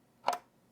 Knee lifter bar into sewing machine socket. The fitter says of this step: all right it's a little bar and it's a little mechanism that it kind of clicks right in here okay and you hear it it